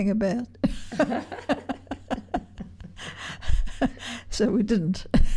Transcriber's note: laughter